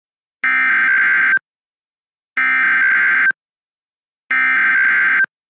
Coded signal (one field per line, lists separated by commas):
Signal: Emergency Alert System (SAME) tones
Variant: header bursts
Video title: EAS Mock SGX First Blizzard Warning